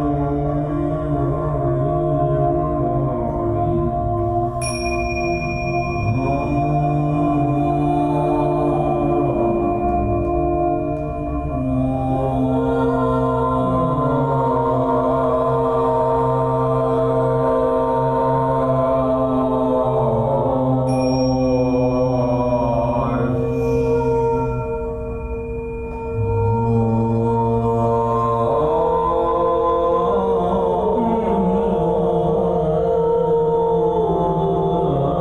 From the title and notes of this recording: Our voices are accompanied by a crystal singing bowl.